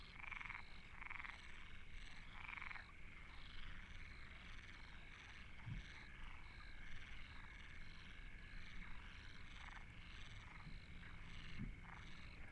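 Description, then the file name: Frog chorus of rattling, pulsed croaks in repeated bursts, over constant low background noise with a couple of soft thumps. Frogs recorded at Deltebre in the Ebro Delta. "Postpaisatge Granotes Deltebre"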